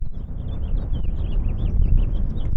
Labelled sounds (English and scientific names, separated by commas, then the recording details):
House Finch (Haemorhous mexicanus) song
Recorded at Neponsit on Long Island, New York, on 4 June 1975
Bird C